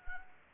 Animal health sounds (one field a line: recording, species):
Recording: mosquito wingbeat signal from an infrared sensor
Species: Anopheles arabiensis